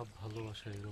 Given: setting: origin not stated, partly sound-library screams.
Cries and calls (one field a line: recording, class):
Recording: one-second piece from a danger detection set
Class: normal situation